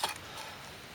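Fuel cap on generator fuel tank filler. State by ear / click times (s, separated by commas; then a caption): torque reached / 0.0 s. The plastic fuel cap, with no vent, on top of a Craftsman 3000i inverter generator's fuel tank filler is turned and gives a single sharp ratchet click at 0.04 s. Only a quiet, steady background follows for the rest of the second as the cap's clicking mechanism reaches torque.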